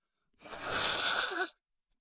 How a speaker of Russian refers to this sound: Но красотка не стала промокать лицо салфеткой. Она громко высморкалась.